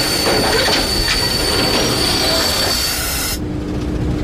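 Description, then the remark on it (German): A 2000-horsepower locomotive brakes hard in an emergency, its wheels letting out a loud, sustained high-pitched squeal over a heavy, grinding rumble; the shrill hiss cuts away abruptly near the end while the rumble continues. “Ich fahre! Bremsen! Die Notbremse!”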